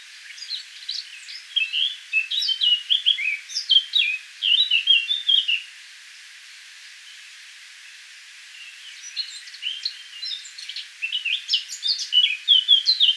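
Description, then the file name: Eurasian blackcap song in two bursts of hurried, scratchy warbling notes separated by a silent gap of about three seconds. "Sylvia atricapilla"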